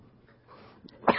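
A single sharp, explosive cough burst from an adult man, a preacher, during a sermon, after a quiet pause.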